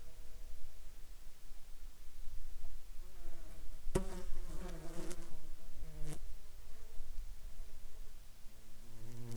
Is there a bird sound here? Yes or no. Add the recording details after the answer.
no. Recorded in Ivvavik National Park, Yukon, on 4 July 2019 at 21:55. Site SINP03